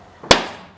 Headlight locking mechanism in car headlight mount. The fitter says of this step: Oops. Right there. So, that should be fully locked into place now.